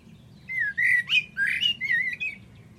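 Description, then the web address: Bird calls: a string of wavering, squawky notes with a whistled edge, running together for about two seconds over low hum. "Deverinetal. Bird Only"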